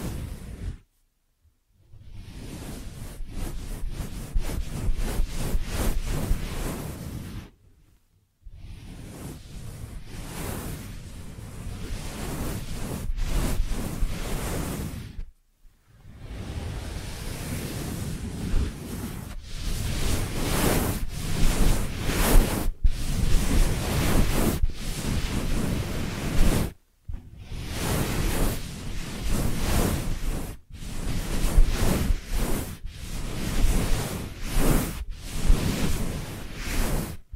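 A 3D ear massage: dense, continuous rubbing and brushing swishes with a rough, bright texture and quick repeated strokes. The sound runs in long stretches, stopping briefly near 1, 8, 15 and 27 seconds before starting again.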